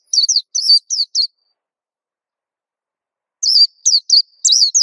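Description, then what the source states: White-eye singing two quick runs of high, sweet descending twitters separated by a pause of about two seconds. Song described as melodious and long.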